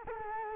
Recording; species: mosquito wingbeat signal from an infrared sensor; Culex quinquefasciatus